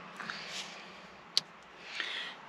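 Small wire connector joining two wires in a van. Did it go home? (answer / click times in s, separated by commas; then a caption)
yes / 1.4 s. A small connector joining two wires in a van is pushed together, with soft handling rustles before and after over a low steady hum. A sharp, distinct snap at 1.4 s marks the connector seating fully, and the wires are joined.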